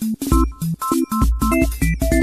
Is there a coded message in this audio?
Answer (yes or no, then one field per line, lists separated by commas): no